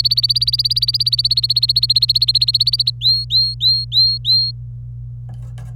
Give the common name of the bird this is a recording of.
Domestic Canary